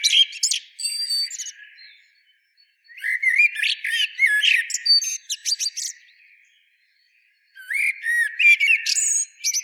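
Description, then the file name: Eurasian blackbird song: the end of one phrase, then two more phrases, each a low warble running into scratchy, high twittering flourishes, with short gaps between phrases. "Turdus merula"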